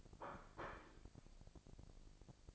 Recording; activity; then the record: daily activity, microphone in the room; place plate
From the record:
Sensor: 5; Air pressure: 1007.6 hPa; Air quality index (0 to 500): 89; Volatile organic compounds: 1 ppm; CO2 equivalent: 699 ppm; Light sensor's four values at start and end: 34/79/32/33 and 34/79/32/33